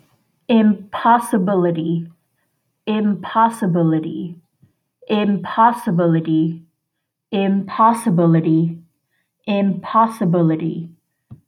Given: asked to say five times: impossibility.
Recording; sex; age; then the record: repeated word; female; 20 to 29 years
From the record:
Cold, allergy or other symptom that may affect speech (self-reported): no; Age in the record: 26 years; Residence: Illinois, United States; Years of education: 18